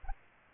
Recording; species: mosquito wingbeat signal from an infrared sensor; Aedes aegypti